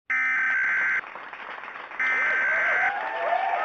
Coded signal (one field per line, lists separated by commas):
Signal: Emergency Alert System (SAME) tones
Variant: header bursts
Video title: Caribe Wave 2021: EAS Tsunami Warning Drill (Test) 3/11/2021